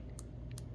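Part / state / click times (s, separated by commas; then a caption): micro SD card into a game console card slot / seated / 0.6 s. A micro SD card is pushed a second time into the spring-loaded card slot of a Nintendo Switch game console. Faint ticks at about 0.2 and 0.5 seconds are followed by a sharp click at 0.6 seconds over a low steady background hum. The card seats securely in the slot.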